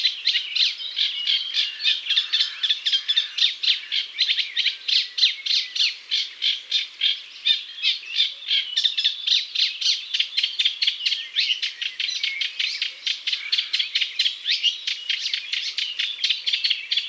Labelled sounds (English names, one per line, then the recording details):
Eurasian Reed Warbler song
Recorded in the wild
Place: Waltershofen / Freiburg im Breisgau, Baden-Württemberg, DE
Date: 1999-06-20
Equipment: MiniDisc Sony MZ-R35, Telinga DAT, Telinga-Parabolspiegel
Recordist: Schwarz, Dieter
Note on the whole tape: Song